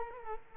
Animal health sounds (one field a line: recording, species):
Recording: mosquito wingbeat signal from an infrared sensor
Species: Culex quinquefasciatus